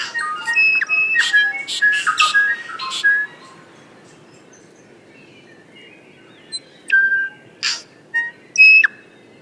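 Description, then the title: Tui delivering a burst of clicks, whistles and metallic notes for about three seconds, then a pause, then scattered whistled and clicking notes. "vogel der woche. Tui"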